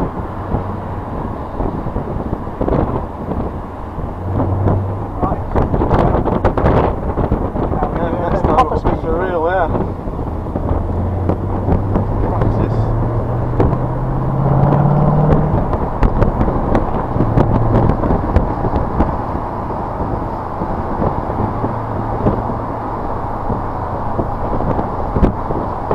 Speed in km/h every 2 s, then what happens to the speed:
29, 29, 31, 29, 26, 27, 32, 44, 50, 53, 48, 50, 50.
0-9 steady at about 29. 9-17 speeds up to 53. 17-26 steady at about 50.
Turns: 7-13.